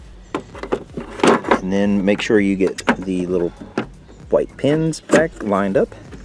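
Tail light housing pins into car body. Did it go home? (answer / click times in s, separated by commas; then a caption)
no / none. Someone talks while handling the rear tail light housing of a 2016–2020 Honda Civic, lining up its little white plastic locating pins with the car body. Short handling knocks and taps are heard under the speech. Nothing has seated or clicked yet.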